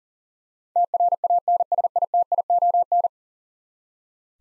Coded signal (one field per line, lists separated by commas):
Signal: Morse code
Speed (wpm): 39 wpm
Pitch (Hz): 700 Hz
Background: none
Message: TRANSITION